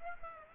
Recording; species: mosquito wingbeat signal from an infrared sensor; Aedes aegypti